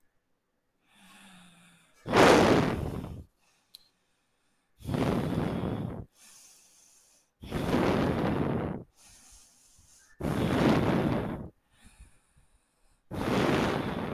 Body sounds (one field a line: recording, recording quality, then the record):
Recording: deep breathing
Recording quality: excellent, no background noise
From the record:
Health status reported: healthy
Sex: female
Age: 43 years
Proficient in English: yes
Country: India